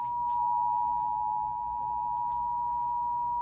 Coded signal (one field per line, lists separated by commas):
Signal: Emergency Alert System (SAME) tones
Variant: 853 and 960 Hz attention tone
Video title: National EAS Test 2023 failure?